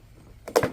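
The tabbed end of a vinyl ranch rail is pushed by hand into the routed hole of an already set fence post. A sharp click comes at 0.5 s and a louder, fuller click at 0.6 s, and the rail locks into the post.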